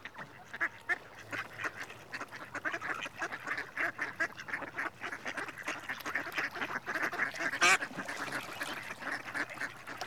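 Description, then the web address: Mallard giving rapid, rasping nasal calls in a continuous stream, with a sharp click near the end. Male. "BBC Sound Effects Library. Mallard (Anas Platyrhynchos) Male"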